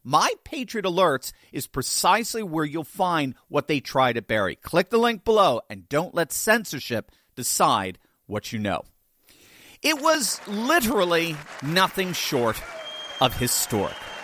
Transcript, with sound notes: My Patriot Alerts is precisely where you'll find what they try to bury. Click the link below and don't let censorship decide what you know.
(applause)
It was literally nothing short of historic.